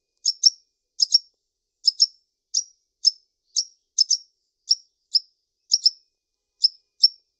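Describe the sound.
Bird repeating high sharp chirps, often doubled, about every half second throughout; nothing else heard.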